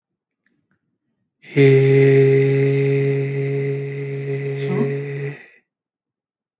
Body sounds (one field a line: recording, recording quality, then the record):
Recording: sustained vowel as in made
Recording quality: moderate, slight background noise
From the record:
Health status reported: healthy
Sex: male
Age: 25 years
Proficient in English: yes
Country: India